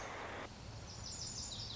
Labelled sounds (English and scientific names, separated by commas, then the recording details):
Lazuli Bunting (Passerina amoena)
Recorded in Sonoma County, California